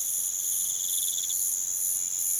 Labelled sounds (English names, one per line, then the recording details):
none
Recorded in pastures near Puerto Asís, Putumayo, Colombia, on 30 June 2025 at 05:00
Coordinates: 0.486, -76.323
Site H29